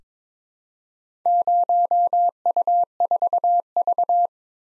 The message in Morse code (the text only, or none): 0U4V